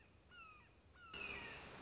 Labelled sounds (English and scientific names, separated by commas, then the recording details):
Red-shouldered Hawk (Buteo lineatus)
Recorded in Sonoma County, California